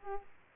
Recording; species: mosquito wingbeat signal from an infrared sensor; Aedes aegypti